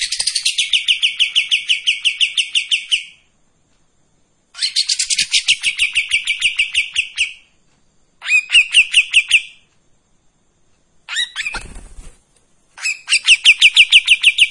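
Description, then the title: Streak-eared bulbul song: long bursts of rapid, buzzy chattering notes, each phrase lasting about one to three seconds and separated by short silences, repeated five times. Actively singing bird with long 'besetan' phrases and 'tembakan' (shooting) notes; clear audio used as tutor song for training white-rumped shama. "KAPAS TEMBAK GACOR TEMBAKAN DAN BESETAN PANJANG AUDIO KERNIH COCOK UNTUK MASTERAN MURAI BATU PASTOL"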